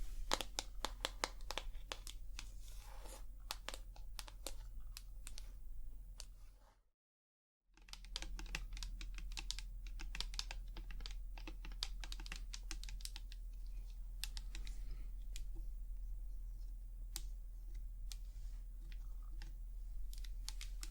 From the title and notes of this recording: ASMR Tapping. Long Nails, No Talking.